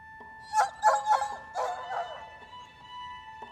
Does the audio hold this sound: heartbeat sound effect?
no